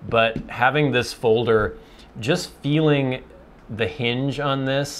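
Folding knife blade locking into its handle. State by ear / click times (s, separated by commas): not seated / none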